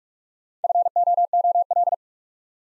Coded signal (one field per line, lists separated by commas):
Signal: Morse code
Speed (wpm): 44 wpm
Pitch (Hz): 700 Hz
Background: none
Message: FOOL